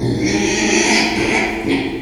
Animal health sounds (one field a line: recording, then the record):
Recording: squeal of a Yucatan mini pig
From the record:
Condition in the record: after surgery on the right vocal fold (resection and tissue-engineered implant)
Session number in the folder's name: 2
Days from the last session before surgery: 13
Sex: male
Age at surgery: 12 weeks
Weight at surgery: 13 kg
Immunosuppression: cyclosporine, prednisolone